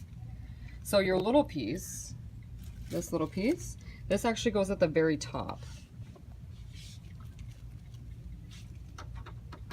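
Someone talks while handling a small plastic top connector piece that goes onto the top of the joined plastic back wall panels, with a few faint handling taps near the end. Nothing has seated or clicked yet; the clip ends before the piece goes home.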